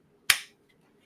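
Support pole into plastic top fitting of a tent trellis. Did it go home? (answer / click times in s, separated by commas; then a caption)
yes / 0.3 s. A grow-tent support pole is pushed into a 3D-printed plastic top fitting of a tent trellis, and it snaps into place with one sharp, bright snap at 0.3 s. The snap fades over about a fifth of a second against a low, steady hum. The pole is seated in the fitting.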